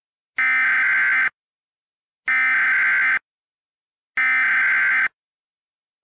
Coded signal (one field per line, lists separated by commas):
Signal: Emergency Alert System (SAME) tones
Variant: header bursts